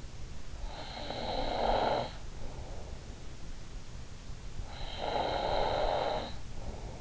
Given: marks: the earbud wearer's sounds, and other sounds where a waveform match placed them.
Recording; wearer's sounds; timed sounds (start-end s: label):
sounds in sleep by an in-ear microphone; snoring breath
0.27-2.55 s: snoring breath
4.15-7.01 s: snoring breath